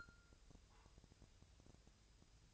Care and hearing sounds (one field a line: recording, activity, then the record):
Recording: daily activity, microphone in the room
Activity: take from stove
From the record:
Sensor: 2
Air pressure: 999.3 hPa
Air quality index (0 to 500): 194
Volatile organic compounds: 26 ppm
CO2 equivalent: 2864 ppm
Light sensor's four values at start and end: 6/15/6/6 and 6/15/6/6